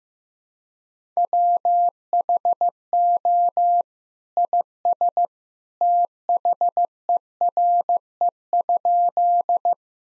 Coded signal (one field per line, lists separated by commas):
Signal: Morse code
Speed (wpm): 15 wpm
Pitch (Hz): 700 Hz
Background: none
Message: WHO IS THERE?